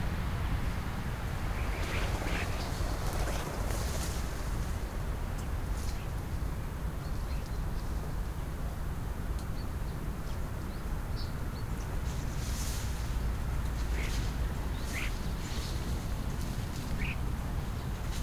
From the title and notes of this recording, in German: Startende Stare. Wenn ein Vogelschwarm am Morgen losfliegt.